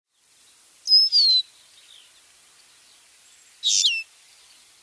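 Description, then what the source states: Lesser Goldfinch calls: two high, descending whistled calls, nearly three seconds apart, over quiet background. Mournful-sounding call, like a tear or crying, used for identification; common backyard bird.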